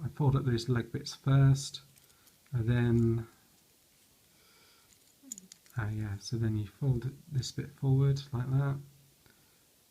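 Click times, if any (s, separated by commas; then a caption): none. Plastic transforming-toy robot body parts are handled during its transformation. Someone talks while small handling ticks sound around 5.3–5.5 seconds. The parts are not yet home: nothing has seated or clicked into place yet.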